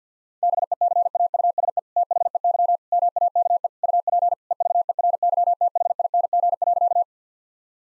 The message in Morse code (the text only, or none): BECAUSE THEY MAKE UP EVERYTHING.